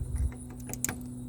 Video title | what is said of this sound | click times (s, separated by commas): How to Check a Car Before Deciding to Repair it for Sale 👉919-228-8610 | There we go. Nice click. | 0.8 s